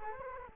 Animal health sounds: mosquito wingbeat signal from an infrared sensor; Culex quinquefasciatus

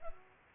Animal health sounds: mosquito wingbeat signal from an infrared sensor; Culex pipiens

